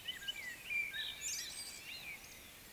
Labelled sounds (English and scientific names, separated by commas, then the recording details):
Eurasian Woodcock (Scolopax rusticola) whistle, Eurasian Woodcock (Scolopax rusticola) croak
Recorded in Baden-Württemberg, Germany, on 20 May 2021 at 19:13 UTC
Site 24606, 635 m above sea level